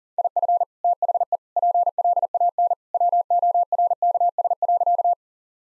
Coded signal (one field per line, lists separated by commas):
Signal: Morse code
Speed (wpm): 40 wpm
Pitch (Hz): 700 Hz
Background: none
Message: IF THE PLAN WORKS.